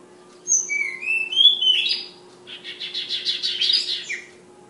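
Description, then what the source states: Flowerpecker singing: high piercing whistles and slurred notes, then a rapid scratchy chattering series of many notes, steady low hum behind. Tledekan named Ababil, from Kudus, singing in sulingan (flute-like) style.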